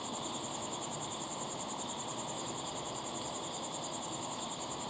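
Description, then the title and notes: Crickets chirping, a quick rhythmic high trill with louder chirps recurring regularly, over even background hiss. Crickets chirping at sunset in the Timanfaya pyroclastic desert, Lanzarote; field-recorded with ambisonic equipment, converted to binaural audio with simulated slow head movements. "Be still and listen to the crickets at sunset in the incredible Timanfaya pyroclastic desert on the island of Lanzarote. Enjoy the calm desert sounds of chirping crickets"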